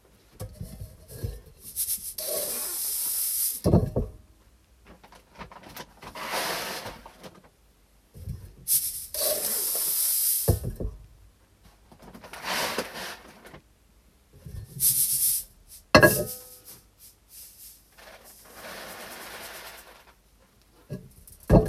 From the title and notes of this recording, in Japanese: 環境音 お米出荷準備(点検)。重さを測り、紙の米袋に入れていきます。